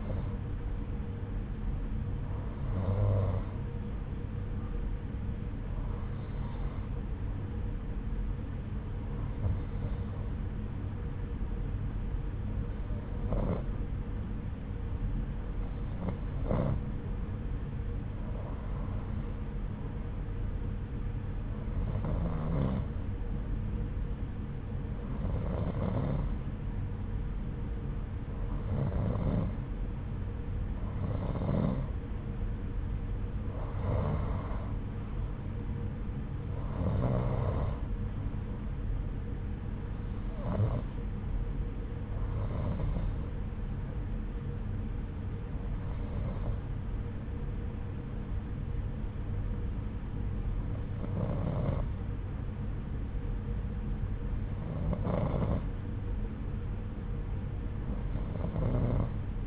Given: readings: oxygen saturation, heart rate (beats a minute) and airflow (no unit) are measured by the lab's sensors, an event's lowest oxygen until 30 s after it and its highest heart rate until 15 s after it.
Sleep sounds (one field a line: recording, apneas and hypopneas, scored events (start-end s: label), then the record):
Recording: breathing in sleep by a smartphone at the bedside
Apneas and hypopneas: none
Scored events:
none scored
From the record:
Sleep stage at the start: N2 (light sleep)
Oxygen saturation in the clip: 89 to 90%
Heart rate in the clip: 74 to 83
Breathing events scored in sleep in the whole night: 303 in 8.1 hours asleep